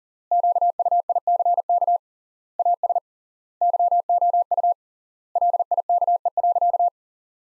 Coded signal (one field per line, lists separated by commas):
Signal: Morse code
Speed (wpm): 40 wpm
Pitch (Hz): 700 Hz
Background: none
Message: QUICK AS YOU LIKE.